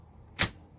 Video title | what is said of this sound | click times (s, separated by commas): Review STEALTHO Patented Replacement Office Chair Caster Wheels Set of 5 - Protect Your Floor - Quic | they just snap right in it was like butter | 0.4 s